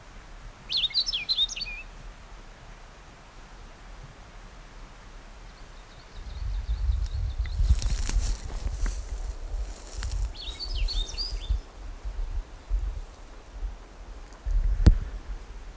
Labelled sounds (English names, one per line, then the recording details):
Rustic Bunting song
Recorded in the wild
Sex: male
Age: adult
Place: Paratunka, Kamtschatka, RU
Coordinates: 53.5667, 158.417
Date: 1999-06-13 17:47
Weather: bedeckt, ca. 15°C, schwacher Wind
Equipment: Sony WM-D6C, Sennheiser ME 80, K 30 AV Schalter I, Kopie Sony TCD-D8
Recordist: Frommolt, Karl-Heinz